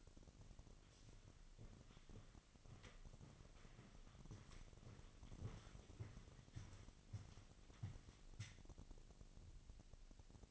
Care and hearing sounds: daily activity, microphone in the room; walk to room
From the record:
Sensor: 4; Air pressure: 1000.3 hPa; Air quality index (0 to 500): 211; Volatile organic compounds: 21 ppm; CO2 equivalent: 2722 ppm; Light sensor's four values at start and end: 9/21/8/8 and 9/19/7/7

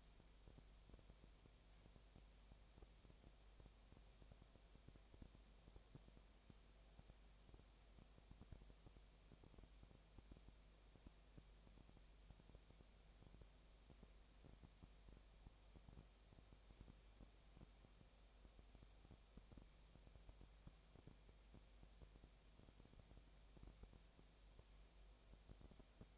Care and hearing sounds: daily activity, microphone in the room; no activity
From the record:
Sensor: 1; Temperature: 19.8 degrees Celsius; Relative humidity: 37.9%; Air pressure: 998.8 hPa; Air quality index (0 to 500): 233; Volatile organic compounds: 134 ppm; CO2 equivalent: 3949 ppm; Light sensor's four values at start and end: 1/2/1/1 and 1/2/1/1

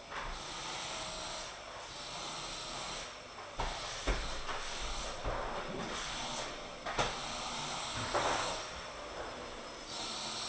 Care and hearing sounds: daily activity, microphone in the room; vacuum cleaning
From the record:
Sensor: 5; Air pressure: 995.4 hPa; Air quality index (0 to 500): 81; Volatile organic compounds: 3 ppm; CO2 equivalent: 1495 ppm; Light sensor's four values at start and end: 36/86/35/36 and 35/86/35/35

